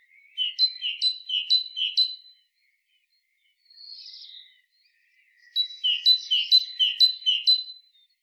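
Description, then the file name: Great tit song in two bouts of rhythmic repeated two-part notes, several each, separated by a soft buzzy note. "Parus major"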